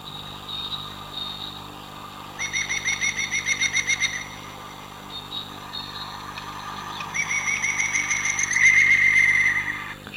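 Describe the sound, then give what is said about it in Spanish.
A woodpecker's laughing call, recorded at Soto de Cantalobos, rings out in two bursts of rapid, evenly spaced, bright notes, with a steady low rumble of background noise underneath. “Esa risotada como de un loco, efectivamente, es la risa, perdón, o el canto de un pájaro carpintero”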